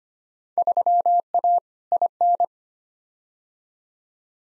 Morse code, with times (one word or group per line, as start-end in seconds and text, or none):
0.6-1.6 3A
1.9-2.4 IN